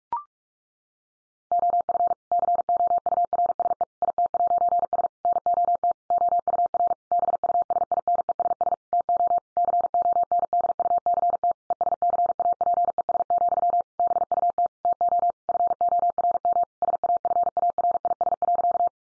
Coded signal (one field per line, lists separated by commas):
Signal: Morse code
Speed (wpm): 44 wpm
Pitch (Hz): 700 Hz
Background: none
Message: OF COURSE IT'S NOT OUR BUSINESS TO CONDUCT ESCAPES, BUT TO FORM SAFARIS.